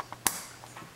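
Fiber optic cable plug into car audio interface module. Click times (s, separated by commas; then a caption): 0.3 s. A fiber optic cable plug taken from the CD changer is pushed straight into the housing of a car audio interface module. A faint tap comes at about 0.1 s, then a sharp, bright click at 0.3 s. The plug clicks in and is seated.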